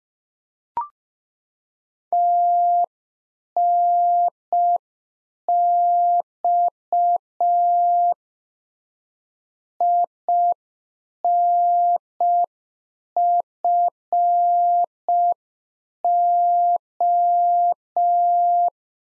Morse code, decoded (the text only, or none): TNX INFO